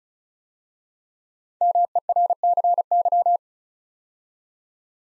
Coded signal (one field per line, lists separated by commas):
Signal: Morse code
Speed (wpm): 36 wpm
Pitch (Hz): 700 Hz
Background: none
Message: MERCY